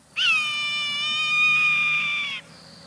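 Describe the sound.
Swainson's Hawk call: a single long, drawn-out, high whistled scream lasting over two seconds, slightly falling at the end, over faint background hiss.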